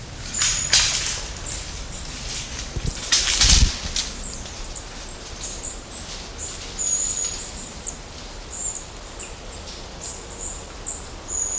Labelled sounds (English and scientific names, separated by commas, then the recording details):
Long-tailed Tit (Aegithalos caudatus) call
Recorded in the wild
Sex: group
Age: adult
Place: Waldsieversdorf, Märkische Schweiz, Brandenburg, DE
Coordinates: 52.5333, 14.0833
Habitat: high forest - marshland
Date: 1999-09-16 11:30
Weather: cloudy, 17-18°C
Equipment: Sony WM-D6C, Sennheiser ME 80, Kopie Uher 4000 Report Monitor
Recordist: Tembrock, Günter